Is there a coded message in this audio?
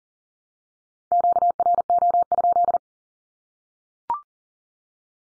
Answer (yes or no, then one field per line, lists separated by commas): yes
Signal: Morse code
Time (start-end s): 1.1-2.8 s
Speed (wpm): 38 wpm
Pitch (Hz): 700 Hz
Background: none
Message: QRO?